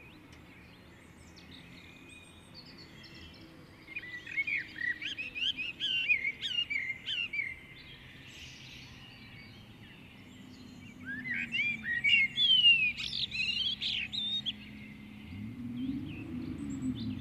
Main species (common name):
Common Blackbird